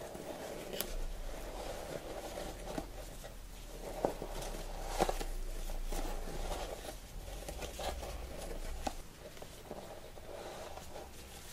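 Latex gloves crinkle and squeak steadily at close range, with sharp snaps near 1, 4, 5 and 9 seconds over a low hum.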